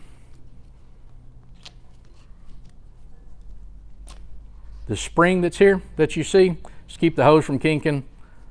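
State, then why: Not seated. A powder hose quick-disconnect coupling with its anti-kink spring is handled at a Gema OptiFlex Pro powder coating spray gun, giving a few faint, sharp ticks around 1.7 and 4.1 seconds over low background hum. Someone talks from about 5 seconds on. Nothing has seated or clicked in yet.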